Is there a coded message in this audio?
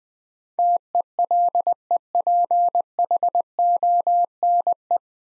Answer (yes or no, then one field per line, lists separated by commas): yes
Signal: Morse code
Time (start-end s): 0.6-5.0 s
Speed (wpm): 20 wpm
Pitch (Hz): 700 Hz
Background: none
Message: TELEPHONE